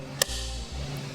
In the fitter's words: get it lined up and then push it in place until you hear it snap in just like that